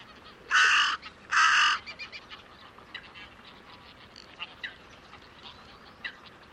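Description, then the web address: Bird giving a pair of harsh, drawn-out caws, then quiet, sparse ticking and chirping notes in the background. "cianscape. Deverinetal 2025. Bird Only"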